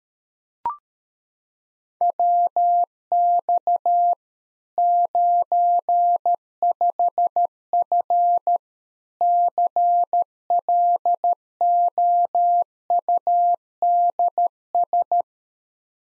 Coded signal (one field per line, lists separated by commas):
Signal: Morse code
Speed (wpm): 13 wpm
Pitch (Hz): 700 Hz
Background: none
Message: WX 95F CLOUDS